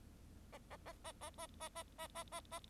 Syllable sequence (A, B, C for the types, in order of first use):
A A A A A A A A A A A A